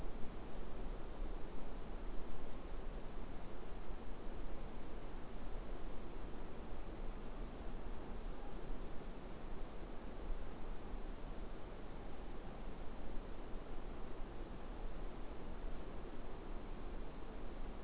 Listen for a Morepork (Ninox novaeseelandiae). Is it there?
no